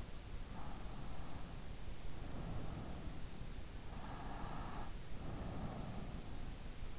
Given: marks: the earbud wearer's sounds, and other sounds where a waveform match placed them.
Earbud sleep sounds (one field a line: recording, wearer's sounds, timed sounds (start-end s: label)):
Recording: sounds in sleep by an in-ear microphone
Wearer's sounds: breath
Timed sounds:
0.52-3.17 s: breath
3.96-6.51 s: breath